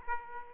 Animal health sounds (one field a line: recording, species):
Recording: mosquito wingbeat signal from an infrared sensor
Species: Aedes aegypti